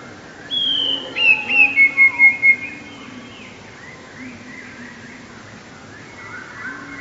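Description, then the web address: Eurasian blue tit gives one song early on, a high thin note and a short trill, followed by faint scattered notes. "wroblowe teka 2 spiew 2. wroblowe teka modraszkoteka"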